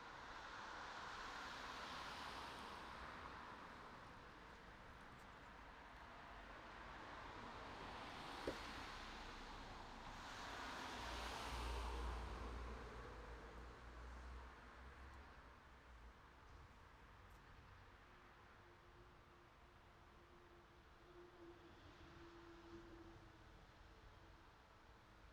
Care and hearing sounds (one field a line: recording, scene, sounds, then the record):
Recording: everyday scene through a hearing-aid microphone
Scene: in traffic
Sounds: traffic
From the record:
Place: city secondary road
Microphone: in the ear canal, right